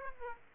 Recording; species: mosquito wingbeat signal from an infrared sensor; Aedes aegypti